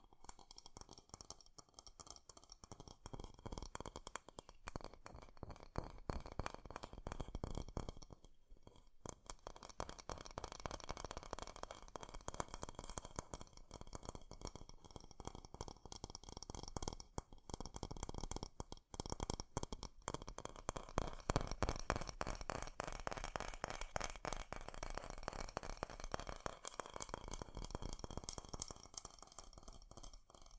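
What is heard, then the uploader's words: Fast tapping fills the whole half minute, a dense, rapid run of crisp clicks with a rattling edge. The rhythm stays quick and fairly even, easing briefly just before nine seconds and again near nineteen, then growing slightly busier and louder toward the end. ASMR 3D Fast Tapping.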